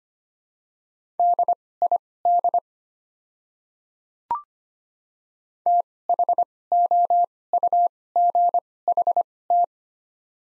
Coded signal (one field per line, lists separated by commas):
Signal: Morse code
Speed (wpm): 25 wpm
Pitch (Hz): 700 Hz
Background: none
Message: DID THOUGHT